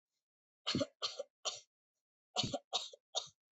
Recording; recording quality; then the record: shallow voluntary cough; excellent, no background noise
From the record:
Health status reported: COVID-19 positive, mild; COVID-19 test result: positive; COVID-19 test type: RT-PCR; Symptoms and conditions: fever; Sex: female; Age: 23 years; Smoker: yes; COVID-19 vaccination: both doses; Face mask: not worn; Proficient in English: yes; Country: India